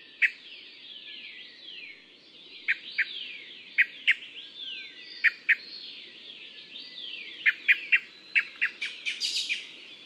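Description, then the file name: Taiwan thrush giving sharp, short clicking calls, singly, in quick pairs and in a quicker run near the end, over a steady background of many thin descending whistles. "白頭鶇"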